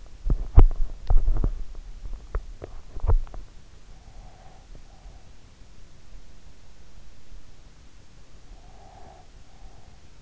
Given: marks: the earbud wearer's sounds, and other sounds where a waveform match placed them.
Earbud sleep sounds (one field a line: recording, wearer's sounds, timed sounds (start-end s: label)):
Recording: sounds in sleep by an in-ear microphone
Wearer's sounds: body movement, breath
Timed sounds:
0.00-3.58 s: body movement
3.86-5.33 s: breath
8.32-10.22 s: breath